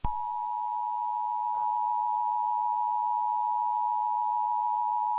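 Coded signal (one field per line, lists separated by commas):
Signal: Emergency Alert System (SAME) tones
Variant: 853 and 960 Hz attention tone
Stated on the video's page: Fictional EAS scenario.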